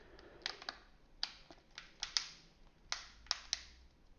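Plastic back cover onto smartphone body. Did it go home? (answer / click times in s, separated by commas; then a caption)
yes / 0.5 s, 1.2 s, 2.2 s, 2.9 s, 3.3 s, 3.5 s. A plastic back cover is pressed back onto the body of an Elephone P8000 smartphone, clip by clip. Sharp clicks ring out at 0.5, 1.2, 2.2, 2.9, 3.3 and 3.5 seconds over a faint background. The cover clips in well and holds firmly.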